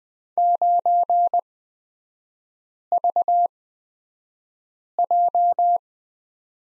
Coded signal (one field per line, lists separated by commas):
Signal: Morse code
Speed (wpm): 20 wpm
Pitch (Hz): 700 Hz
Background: none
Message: 9VJ